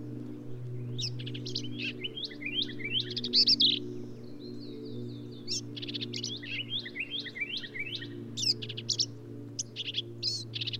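Black-capped vireo song delivered as a rapid, varied string of high chattering and slurred notes, backed by a steady low droning hum.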